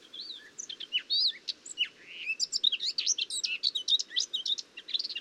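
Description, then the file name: Eurasian blackcap song: a continuous hurried warble of sweeping whistles and sharp chirps, growing denser in the second half. "Sylvia atricapilla"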